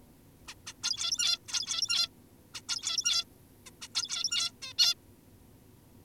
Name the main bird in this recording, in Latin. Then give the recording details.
Taeniopygia guttata. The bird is an adult. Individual g17y2U